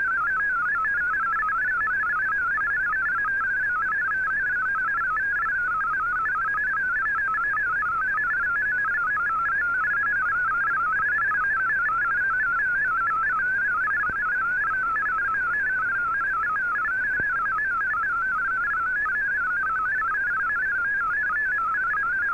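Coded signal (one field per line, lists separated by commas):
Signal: multi-tone FSK (Olivia or MFSK type)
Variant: MFSK32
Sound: rapid warbling single tone stepping among many pitches, steady and continuous, with light hiss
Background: radio static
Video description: here is my decode of the Shortwave Radiogram broadcast today on 15770Khz shortwave radio at 1300UTC in MFSK32 and 64 and with 9 SSTV images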